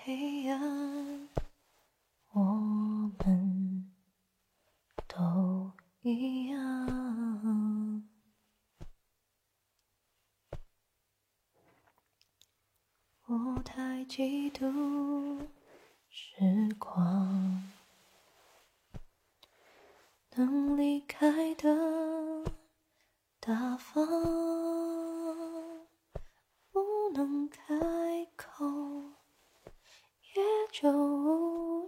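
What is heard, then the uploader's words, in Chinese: Soft humming by a single voice, quiet, moving in short phrases with gentle pitch slides around a low-middle register. Phrases last a second or two with brief silences between, and a long pause falls midway before the humming resumes more steadily. 轻声哼唱。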